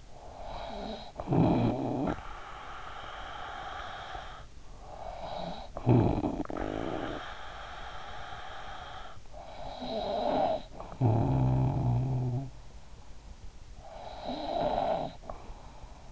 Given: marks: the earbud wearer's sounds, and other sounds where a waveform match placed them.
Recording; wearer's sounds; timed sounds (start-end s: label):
sounds in sleep by an in-ear microphone; snoring breath
0.00-16.12 s: snoring breath